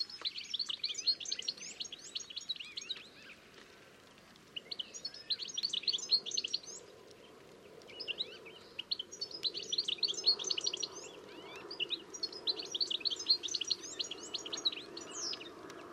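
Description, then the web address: Bird chirps come in four separate high, rapid bursts with short pauses between them, over a soft low rumble of background noise. "Deverinetal 2025 File origin Bird Only"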